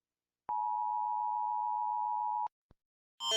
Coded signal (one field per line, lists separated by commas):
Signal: Emergency Alert System (SAME) tones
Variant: 853 and 960 Hz attention tone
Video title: Some EAS Alarms 1